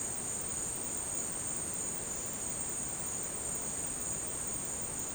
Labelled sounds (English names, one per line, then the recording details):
none
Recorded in dense forest near Puerto Asís, Putumayo, Colombia, on 23 June 2025 at 12:30
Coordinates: 0.484, -76.317
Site G045